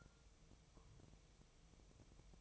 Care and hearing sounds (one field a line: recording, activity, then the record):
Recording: daily activity, microphone in the room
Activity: take from stove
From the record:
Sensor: 1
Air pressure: 999.3 hPa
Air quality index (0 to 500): 200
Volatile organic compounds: 42 ppm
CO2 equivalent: 3174 ppm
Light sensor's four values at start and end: 9/22/8/9 and 9/22/8/9